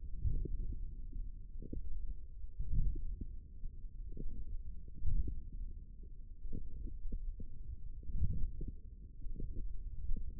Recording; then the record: forearm muscle sounds (acoustic myography)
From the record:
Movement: forearm supination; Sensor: system 1, eight BSWA MPA416 microphones around the upper forearm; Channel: 1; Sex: male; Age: 20 years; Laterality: left